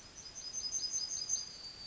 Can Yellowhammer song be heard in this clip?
yes